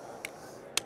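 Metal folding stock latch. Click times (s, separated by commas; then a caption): 0.8 s. A side-folding buttstock on a Troy Industries pump-action rifle, which also telescopes, is swung into its locked position. A faint tick comes at 0.2 s, then a sharp, bright snap at 0.8 s as the stock locks in place, seated and confirmed.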